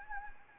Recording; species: mosquito wingbeat signal from an infrared sensor; Anopheles gambiae